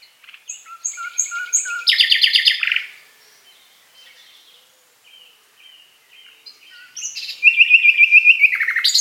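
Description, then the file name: Common nightingale song: clear repeated whistled notes, a rapid rattling burst, a quieter stretch of soft notes, then a loud rapid trill of repeated notes. "Luscinia megarhynchos"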